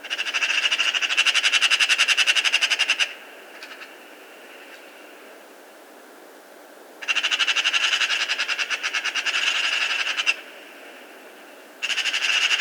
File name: Pica pica